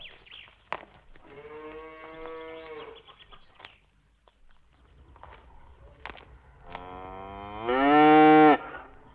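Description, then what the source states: Cattle mooing twice: a level, medium-loud moo early on, then after scattered knocks a loud rising moo near the end. Farmyard with cows, calves and heifers.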